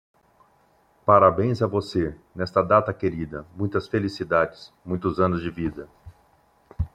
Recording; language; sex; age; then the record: short text; Brazilian Portuguese; male; 50 to 59 years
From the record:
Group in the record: control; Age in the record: 53 years